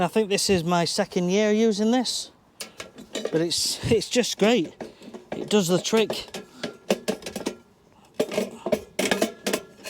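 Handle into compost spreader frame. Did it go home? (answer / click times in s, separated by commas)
yes / 9.0 s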